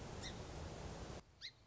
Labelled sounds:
Song Sparrow
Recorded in Sonoma County, California

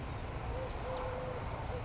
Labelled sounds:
Eurasian Collared Dove
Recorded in Sonoma County, California

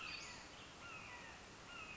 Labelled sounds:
Western Flycatcher
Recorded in Sonoma County, California

